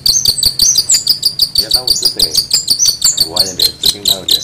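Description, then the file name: Long-tailed shrike song: fast, steady chattering of high notes. Master song used as a model for training songbirds. "cendet master. omkicau"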